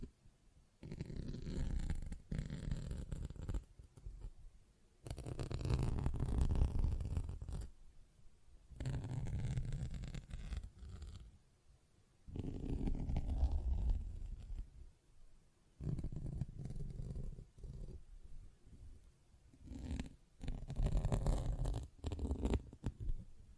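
A sponge is worked in repeated bursts of rough squishing and scratching, each lasting a few seconds, separated by short silent pauses.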